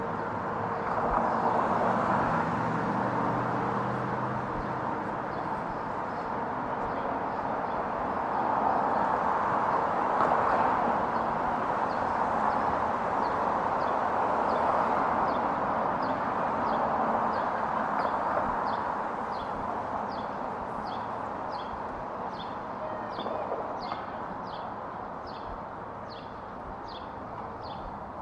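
Outdoor ambience in Lafayette Square by the White House: a steady, dense wash of traffic and city noise that swells slightly around the middle. A high, regular ticking or chirping repeats throughout, growing more even toward the end, over a low rumble early on.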